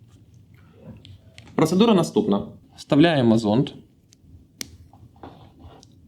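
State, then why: Seated. Someone talks as the used plastic probe tip of an OtoRead screening audiometer is pushed into the tip removal and insertion tool to replace it. A sharp click at 4.6 s marks the tip seating in the tool, ready to be clamped and pulled off. Faint small ticks and handling sounds follow.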